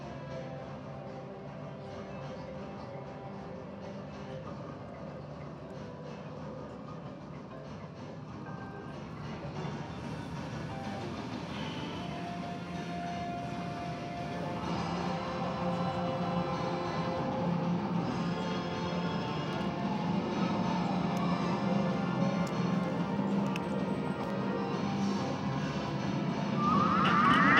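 A busy arcade fills the space with a dense, steady wash of machine tones, beeps and low rumble, with faint voices underneath. The din grows gradually louder over the half minute, and a bright rising tone swells up in the final seconds.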